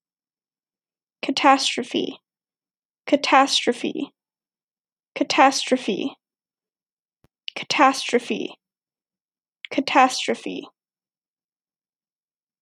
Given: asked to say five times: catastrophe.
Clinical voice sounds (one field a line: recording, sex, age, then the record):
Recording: repeated word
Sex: female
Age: 20 to 29 years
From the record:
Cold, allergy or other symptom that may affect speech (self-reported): no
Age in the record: 28 years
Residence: Oklahoma, United States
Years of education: 14